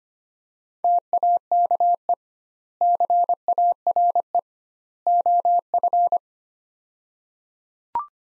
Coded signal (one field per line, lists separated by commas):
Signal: Morse code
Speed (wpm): 25 wpm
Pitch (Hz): 700 Hz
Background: none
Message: TAKE CARE OF